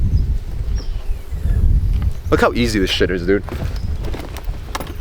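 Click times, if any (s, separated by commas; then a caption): 4.4 s, 4.8 s. The latches of the removable targa roof panel on a Corvette Z06 sports car are released to take the top off. Someone talks over a low rumbling background, then two sharp latch clicks ring out at 4.4 s and 4.8 s. The roof panel latches click open.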